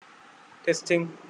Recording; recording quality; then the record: heavy voluntary cough; poor, much background noise or distortion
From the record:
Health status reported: healthy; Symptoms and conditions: none ticked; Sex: male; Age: 26 years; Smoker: not ticked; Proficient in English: yes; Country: India